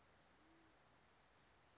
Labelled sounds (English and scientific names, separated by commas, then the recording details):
Band-tailed Pigeon (Patagioenas fasciata)
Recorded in Sonoma County, California